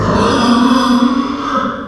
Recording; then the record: squeal of a Yucatan mini pig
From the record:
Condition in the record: after surgery on the right vocal fold (resection and tissue-engineered implant); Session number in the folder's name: 15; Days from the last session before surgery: 175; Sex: female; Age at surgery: 19 weeks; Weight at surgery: 25 kg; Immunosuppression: prednisolone